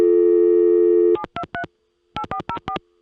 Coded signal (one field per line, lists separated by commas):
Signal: DTMF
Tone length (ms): 80 ms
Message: 723 8404